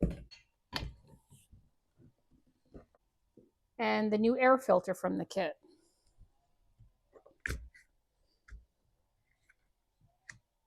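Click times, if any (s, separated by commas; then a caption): none. A new air filter from the service kit is handled at the air filter housing of a Stihl MS291 Farm Boss chainsaw while someone talks, with scattered light clicks and knocks. Nothing has seated or snapped home yet.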